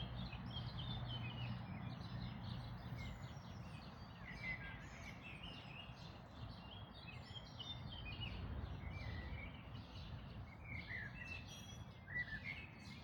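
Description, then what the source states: Birds in a dawn chorus, several overlapping chirps, short warbled phrases and thin whistles from different singers, over a steady low rumble. Dawn chorus recorded on 1 May 2026.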